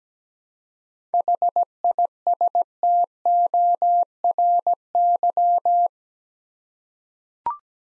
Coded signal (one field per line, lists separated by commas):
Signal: Morse code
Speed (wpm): 17 wpm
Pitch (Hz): 700 Hz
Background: none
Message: HISTORY